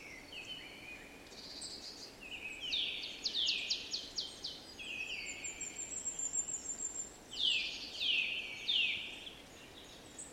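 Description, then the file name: Eurasian nuthatch calling, short high notes sliding downward in quick clusters, with pauses between runs, over steady background hiss. "Sitta europaea"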